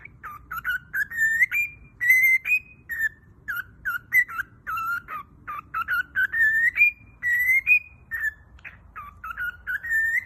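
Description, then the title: Cockatiel whistling a melody of rising, sliding notes and held tones, phrased in short runs. Several cockatiels singing, whistling. "Calopsitas Cantando Assobio"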